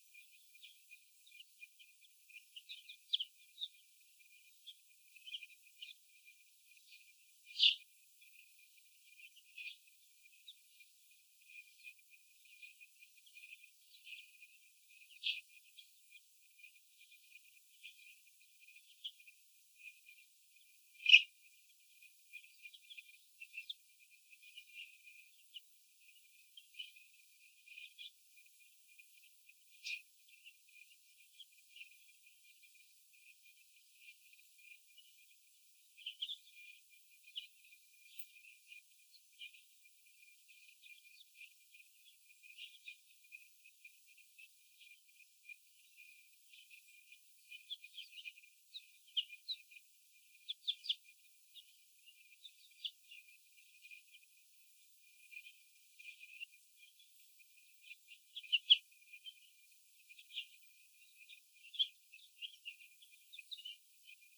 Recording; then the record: young laying hens in a cage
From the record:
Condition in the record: after the stressor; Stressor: sudden umbrella opening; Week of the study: 2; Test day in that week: 1